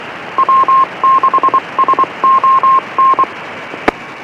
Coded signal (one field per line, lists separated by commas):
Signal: Morse code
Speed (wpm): 24 wpm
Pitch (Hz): 1060 Hz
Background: radio noise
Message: W6SON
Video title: Listening to the RADIO-MAN!!